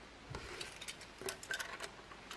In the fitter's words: Snap the inner case housing back together, making sure that all the tabs are engaged.